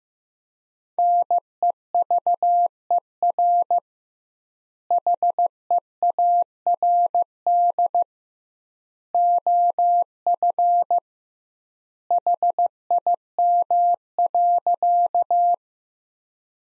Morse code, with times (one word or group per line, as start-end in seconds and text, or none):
1.0-3.8 NEVER
4.9-8.0 HEARD
9.1-11.0 OF
12.1-15.5 HIM.